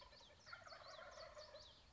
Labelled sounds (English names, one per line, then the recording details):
Wild Turkey
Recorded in Sonoma County, California